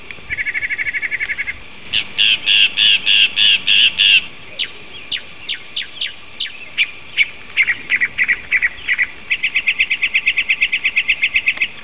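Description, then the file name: Songbird song in varied phrases: a fast trill of identical notes, rapid chattering bursts, spaced sharp notes, then a long even trill of repeated notes near the end. Master song for training songbirds. "omkicau kicau master omkicau"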